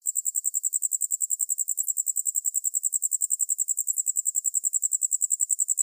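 Cricket stridulating in rapid, evenly spaced, high-pitched pulses, with no other sounds.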